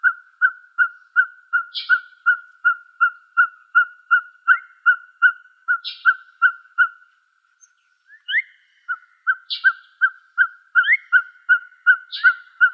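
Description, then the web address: Ferruginous Pygmy-Owl giving a long series of evenly spaced, mellow hollow toots, nearly three per second, pausing briefly midway; other birds add sharp chips and rising squeaky notes. Arizona, 17 March 2007. "Owls AZFO FEPO. deviche"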